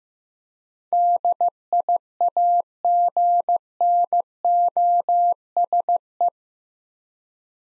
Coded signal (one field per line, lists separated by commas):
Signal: Morse code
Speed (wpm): 15 wpm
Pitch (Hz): 700 Hz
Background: none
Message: DIAGNOSE